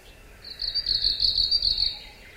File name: arctic warbler